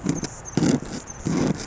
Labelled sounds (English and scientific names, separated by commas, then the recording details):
Anna's Hummingbird (Calypte anna)
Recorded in Sonoma County, California